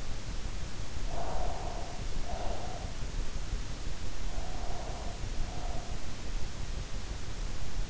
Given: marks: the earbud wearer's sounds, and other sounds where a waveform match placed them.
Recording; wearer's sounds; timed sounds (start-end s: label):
sounds in sleep by an in-ear microphone; breath
1.08-3.03 s: breath
4.20-6.05 s: breath